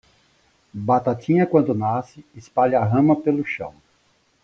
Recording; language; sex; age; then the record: short text; Brazilian Portuguese; female; 20 to 29 years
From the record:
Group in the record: control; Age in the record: 29 years